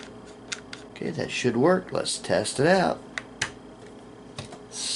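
A folding brace hinge, with its folding mechanism screwed to an ACE adapter on the rear of a PAK9 AK pistol, is swung until it latches. Someone talks, then a sharp metal lock click sounds at 3.4 s among a few lighter taps. The brace locks in place.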